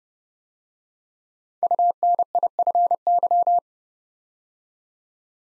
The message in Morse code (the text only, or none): UNIFY